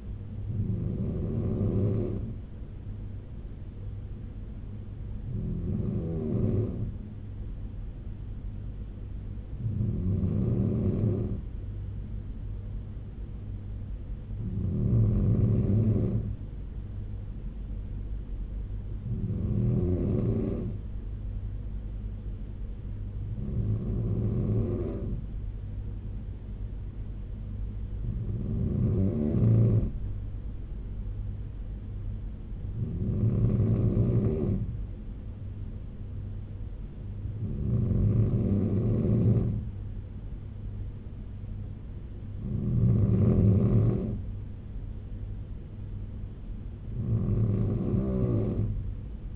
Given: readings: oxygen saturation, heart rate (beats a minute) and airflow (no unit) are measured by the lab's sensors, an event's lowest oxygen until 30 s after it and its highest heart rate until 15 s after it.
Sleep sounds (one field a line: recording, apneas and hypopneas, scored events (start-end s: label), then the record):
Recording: breathing in sleep by a smartphone at the bedside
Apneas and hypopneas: none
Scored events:
none scored
From the record:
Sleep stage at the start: N2 (light sleep)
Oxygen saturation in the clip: 94 to 95%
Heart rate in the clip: 69 to 77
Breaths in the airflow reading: 11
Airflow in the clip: -3.0 to 2.9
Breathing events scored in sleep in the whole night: 201 in 6.5 hours asleep